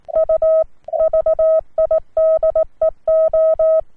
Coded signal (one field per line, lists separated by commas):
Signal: Morse code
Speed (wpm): 18 wpm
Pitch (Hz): 640 Hz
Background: none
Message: U VIDEO